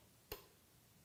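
A bobbin case is pushed into the rotary hook area under a Q'nique 15 M quilting machine. A single sharp tick is heard at 0.3 s as the bobbin case snaps into place, and it is now locked.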